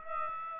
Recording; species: mosquito wingbeat signal from an infrared sensor; Aedes aegypti